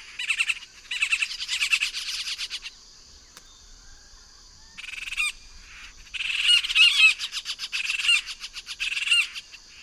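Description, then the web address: Yellow-tufted woodpecker chattering in harsh rattling bursts, a pause midway with one short burst, then a longer run of busy rattles, over a constant high background drone. Recorded in the eastern lowlands of South America. "ENTER Music and Audio. Nature Songs S America Eastern Lowlands. Yellow-tufted Woodpecker"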